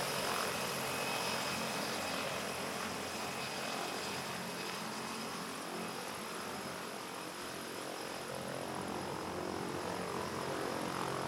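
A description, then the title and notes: A turboprop floatplane's engine roars steadily, a dense, bright hiss with a faint whine riding high above it. The level barely shifts across the eleven seconds, with a low propeller rumble churning underneath throughout. De Havilland Canada DHC - 3-T Turbo - Otter by Andy "soundeziner" Martin.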